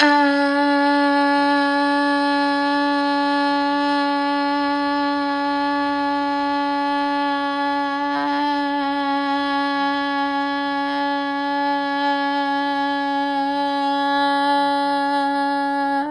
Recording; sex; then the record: sustained vowel /a/; female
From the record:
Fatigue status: no fatigue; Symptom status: asymptomatic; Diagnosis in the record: COVID-19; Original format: m4a